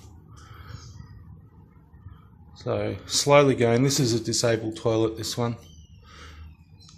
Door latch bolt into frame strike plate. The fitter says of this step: we wanted to go about that slow and you hear the click but is on there so